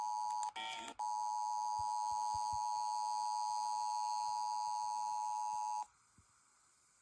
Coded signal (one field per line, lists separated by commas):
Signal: Emergency Alert System (SAME) tones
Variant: 853 and 960 Hz attention tone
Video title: Fall Break EAS Tests (EAS #671-680)